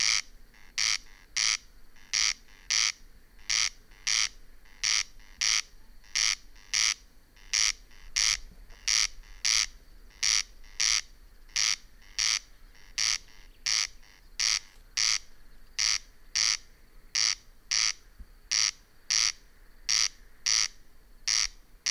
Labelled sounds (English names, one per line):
Corn Crake